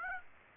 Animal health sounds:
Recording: mosquito wingbeat signal from an infrared sensor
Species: Aedes aegypti

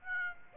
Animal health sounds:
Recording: mosquito wingbeat signal from an infrared sensor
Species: Aedes aegypti

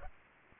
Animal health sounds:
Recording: mosquito wingbeat signal from an infrared sensor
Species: Aedes aegypti

